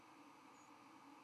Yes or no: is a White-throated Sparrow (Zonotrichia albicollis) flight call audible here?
yes